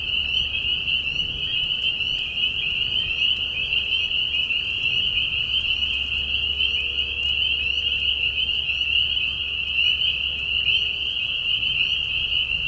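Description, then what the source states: Spring peepers in chorus: a dense, unbroken wall of high, piping peeps from many frogs, with a steady low hum underneath. Peeper frogs giving mating calls in a marsh at night during a very short spring season, Tiny Marsh Conservation Area, Tiny, Ontario; high whistles at low volume.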